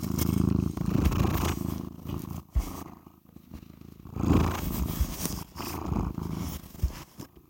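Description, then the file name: Cat purr, a steady deep vibrating rumble that swells and fades over several breaths, with faint rustling in between. "Catsoundswav"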